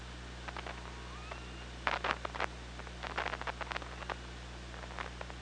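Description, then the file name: Killer whale click bursts in clustered trains, with faint rising tonal calls early on, against steady underwater hiss and low hum. Killer whales picked up underwater by an OrcaLab hydrophone, 24 August 2017, at 15:45:26. "Orca Lab UTLN JASON 20170824 154526"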